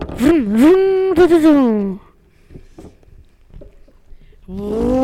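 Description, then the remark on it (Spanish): A voice imitates a car engine starting and driving off, with loud, buzzing vroom sounds whose pitch rises and wobbles, then stops. A stretch of soft clicks and rustles follows before the engine noise starts again. “Amigo, vamos a robar en el auto, subite.”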